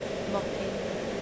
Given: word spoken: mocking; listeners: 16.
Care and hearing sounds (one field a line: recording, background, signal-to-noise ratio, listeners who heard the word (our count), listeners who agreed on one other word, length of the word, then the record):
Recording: one English word in noise, from a listening test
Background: speech-shaped noise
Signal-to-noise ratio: -4.4 dB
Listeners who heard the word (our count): 5 of 16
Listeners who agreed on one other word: 11 of 16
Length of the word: 0.82 s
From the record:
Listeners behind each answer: 11, 5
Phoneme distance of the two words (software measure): 10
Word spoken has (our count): 2 syllables, 5 phonemes, stress on syllable 1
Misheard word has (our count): 2 syllables, 5 phonemes, stress on syllable 1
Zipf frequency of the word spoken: 3.13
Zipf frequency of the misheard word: 2.86